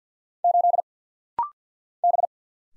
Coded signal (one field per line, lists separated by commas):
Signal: Morse code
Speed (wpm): 48 wpm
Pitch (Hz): 700 Hz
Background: none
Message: 8 B